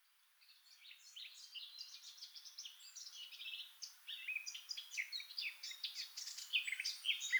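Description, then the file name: Eurasian blackcap song, a soft, rapid scratchy twitter that grows steadily louder over several seconds. "Sylvia atricapilla"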